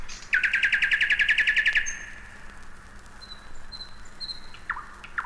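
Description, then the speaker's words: Nightingale song opening with a loud, rapid rattling trill of many pulses, followed by soft high whistles and short downslurred notes. Night song on the bank of the Moskva River near Zvenigorod; stanzas are built from phrases, each starting after a pause with a characteristic opening phrase. "Послушайте ночное пение соловья на берегу Москвы-реки, недалеко от Звенигорода."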